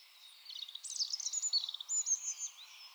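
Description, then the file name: European robin song, a short burst of high trills and thin whistled notes, rapid and twittering throughout. "Erithacus rubecula"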